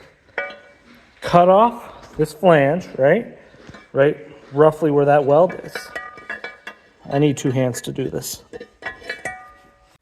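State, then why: Partly seated. Someone talks while using both hands to set a turbocharger loosely against the exhaust manifold flange of a 300ZX for a mock-up. Metal clinks are heard at about 9.1 and 9.3 seconds as the turbo is placed. It ends up only roughly in position, not fully seated.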